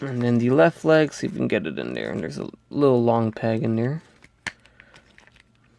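Someone talks while fitting the left leg of a plastic Marvel Legends Dormammu build-a-figure onto a long peg in the lower torso piece. After the talking, a few faint handling taps are heard around 4.5, 4.8 and 5.2 s. The leg has not seated or clicked into the torso yet.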